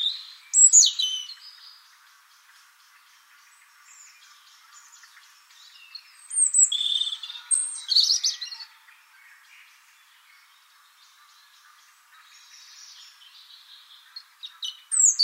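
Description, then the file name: European robin song: several separate phrases of high, liquid warbling and thin trills, spaced by pauses of a few seconds, with faint twitters in between. "Erithacus rubecula"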